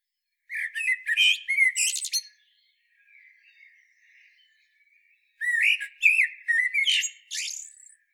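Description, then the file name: Common blackbird song, with two bursts of rich warbled notes and high twittering flourishes separated by a quiet pause of about three seconds. "Turdus merula"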